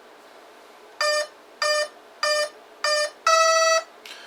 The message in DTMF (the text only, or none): none